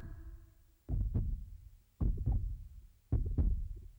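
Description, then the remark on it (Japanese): A deep, muffled heartbeat thuds three times, each beat a loud low double thump spaced about a second apart and quickening, with faint rumbling hum in between and no voices. “あれ、なんだろう、心臓の鼓動がどんどん速くなる。”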